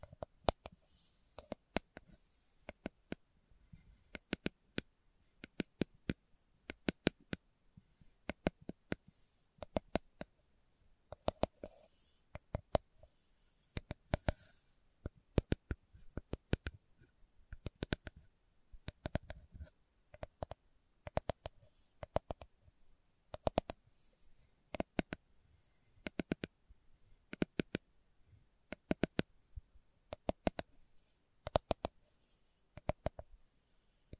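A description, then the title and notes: Slow tapping, sharp dry clicks struck in small irregular clusters with short pauses between them, continuing for the whole stretch. Each tap is crisp and brief, some landing harder than others, over an otherwise quiet, still background. ASMR Slow Tapping for Deep Sleep (No Talking).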